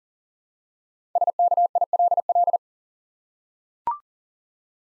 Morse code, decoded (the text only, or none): SKILL